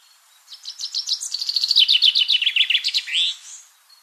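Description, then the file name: Common chaffinch song: one full phrase of rapid repeated notes stepping down in pitch, finishing with a loud slurred flourish. "Fringilla coelebs"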